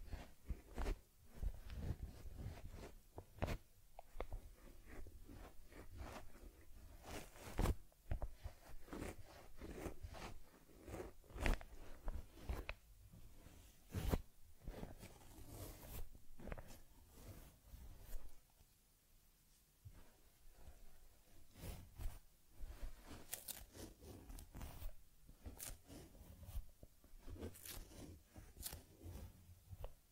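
A teddy bear being groomed: dense, uneven brushing and scraping with sharp taps and rubbing strokes packed throughout. Bursts come in quick clusters, with a quieter stretch around 19 to 21 seconds before the busy scratching resumes.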